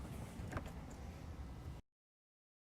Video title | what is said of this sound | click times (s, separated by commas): Gator FX Hard Folding Tonneau Cover Install on 2015 Ford 150 - GatorCovers.com | You'll hear the latches engage when it locks into the rails. | 0.6 s